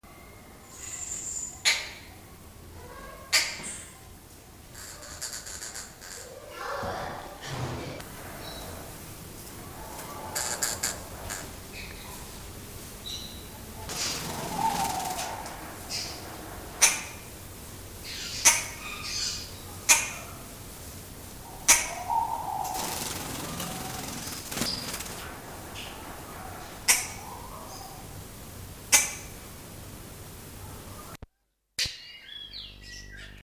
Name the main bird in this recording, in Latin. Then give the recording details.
Lybius bidentatus. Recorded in captivity. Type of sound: call. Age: adult. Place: Zoo Berlin, Berlin, DE. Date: 1997-12-13 15:57. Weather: bedeckt, ca. 3-5°C. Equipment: Nagra SN, Kopie Uher 4000 Report Monitor. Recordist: Tembrock, Günter. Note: Kurzlaute in Nahkontakt zum Partner, Entfernung 2 m